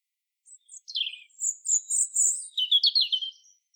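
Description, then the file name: European robin sings a falling warbled note, a series of sweet high chirps and a rapid, rippling trill that drops at the end. "Erithacus rubecula"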